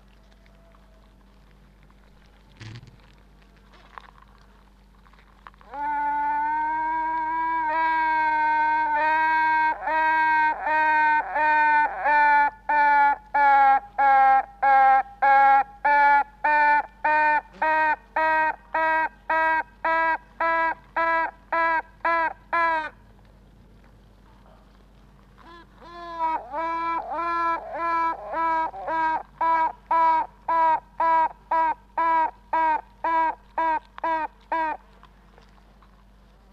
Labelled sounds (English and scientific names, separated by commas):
Honey Bee (Apis mellifera)